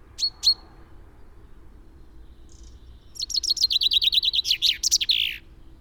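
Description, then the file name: Common chaffinch song: two sharp call notes, a pause, then a fast rattling series of descending notes ending in a brisk flourish. "Fringilla coelebs"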